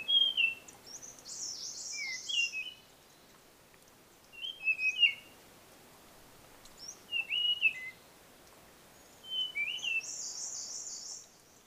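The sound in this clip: Blue-fronted robin giving short whistled phrases, five times at uneven intervals, with a high buzzy sound appearing twice above them.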